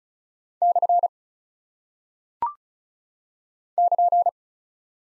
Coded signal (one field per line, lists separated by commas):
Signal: Morse code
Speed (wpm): 36 wpm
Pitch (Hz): 700 Hz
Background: none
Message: / <KN>